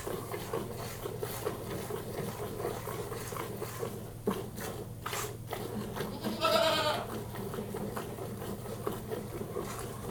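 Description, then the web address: Goat gives one brief wavering bleat partway through, set among repeated rustling, swishing noises and a constant low background hum. Goat during milking. "The BBC Sound Effects Library. Goat Milk"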